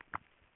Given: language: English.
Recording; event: throat vibration sensor signal played as sound; swallow